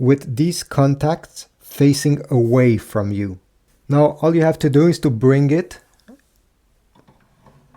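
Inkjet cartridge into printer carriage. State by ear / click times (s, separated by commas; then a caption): not seated / none. Someone talks while a tri-color ink cartridge for an HP DeskJet 2827e printer is held with its contacts facing away and brought toward the carriage slot. Small tapping sounds of handling follow from about 5.9 s to 7.8 s. The cartridge is only lined up and not yet pushed home, so nothing has clicked or seated yet.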